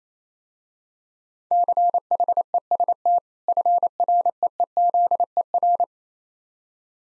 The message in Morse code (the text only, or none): CHEST FREEZER